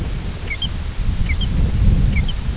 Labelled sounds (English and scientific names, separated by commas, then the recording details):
American Golden-plover (Pluvialis dominica)
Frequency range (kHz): American Golden-plover (Pluvialis dominica) 1.7-5.2 kHz
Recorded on Arctic tundra, site IGLO-F, on 19 June 2018
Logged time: 06:00